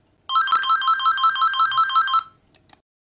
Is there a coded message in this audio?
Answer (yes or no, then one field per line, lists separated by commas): no